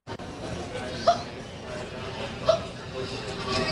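Two sharp, squeaky voiced hiccups about 1.4 seconds apart over low background noise in an airport terminal, from a 15-year-old girl whose record-long hiccups have lasted nearly four weeks, with chest, abdominal, throat and back pain; persistent hiccups.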